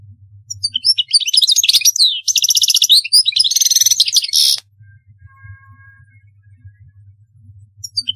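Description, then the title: European goldfinch delivering a burst of twittering notes and rasping trills for about four seconds, then a steady low hum. "Chant Chardonneret"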